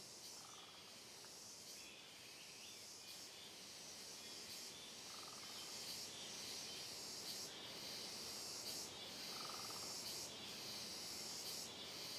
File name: Coro de Cigarras em Trilha de Mata Fechada Reverberando